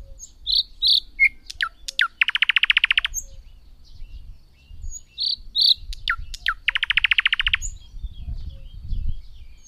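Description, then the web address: Thrush nightingale repeating the same phrase twice: paired high piping notes, sharp downslurs, then a rapid dry rattle of knocking notes. "agykontroll Madardalok Cd 2. Nagy fülemüle"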